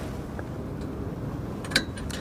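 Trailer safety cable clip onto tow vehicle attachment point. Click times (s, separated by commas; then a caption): 1.8 s. The metal clip on a trailer's breakaway safety cable is hooked onto the tow vehicle's attachment point, giving a sharp metallic snap at 1.8 s over a steady low background rumble. The clip is seated and properly engaged.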